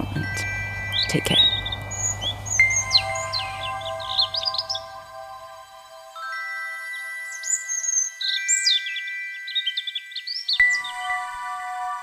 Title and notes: a European Robin in Berlin in October 2023